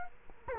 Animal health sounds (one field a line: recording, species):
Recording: mosquito wingbeat signal from an infrared sensor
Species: Culex quinquefasciatus